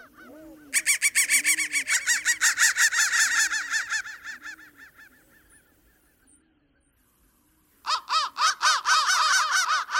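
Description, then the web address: Crow cawing: faint low caws, then a loud rapid series of harsh calls that fades away, followed by another burst of loud quick caws. "soundfactory crow"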